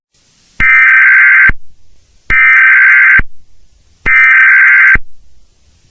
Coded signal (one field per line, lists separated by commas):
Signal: Emergency Alert System (SAME) tones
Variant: header bursts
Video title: EAS: 8/14/2018-10:48PM